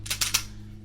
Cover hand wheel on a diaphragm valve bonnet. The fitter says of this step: that covered hand wheel will tighten and you'll hear clicking when it reaches its set point